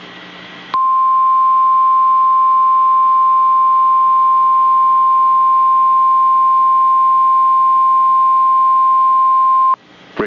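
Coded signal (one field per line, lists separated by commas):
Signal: Emergency Alert System (SAME) tones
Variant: 1050 Hz attention tone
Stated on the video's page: Live stream.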